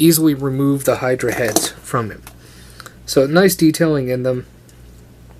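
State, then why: Seated. Someone talks while a removable plastic Hydra head is pushed back onto a Transformers Prime Beast Hunters Voyager Predaking action figure. After the talking stops, two small, quiet clicks come at 4.7 s and 5.3 s as the head clicks back into place and is seated.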